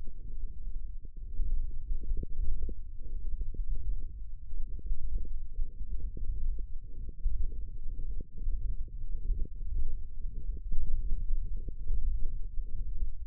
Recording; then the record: forearm muscle sounds (acoustic myography)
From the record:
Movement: ulnar deviation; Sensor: system 1, eight BSWA MPA416 microphones around the upper forearm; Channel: 6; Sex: male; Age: 18 years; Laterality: right